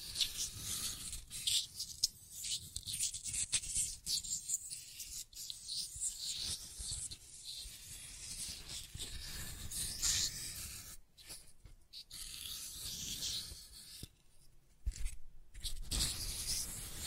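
Scratching and tracing sounds, a dense, uneven rasping with bright scrapes and brief pauses, stopping almost completely near eleven and fourteen seconds.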